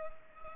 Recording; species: mosquito wingbeat signal from an infrared sensor; Culex pipiens